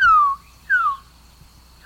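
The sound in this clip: Resplendent Quetzal giving slurred, falling whistles, two full notes about 0.7 seconds apart with a third beginning at the end.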